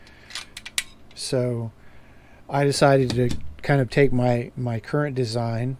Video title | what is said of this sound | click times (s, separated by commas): Rock Island Armory BBR 3.10 9mm Extended 17rd Magazine | magazine does and it locks in place | 0.8 s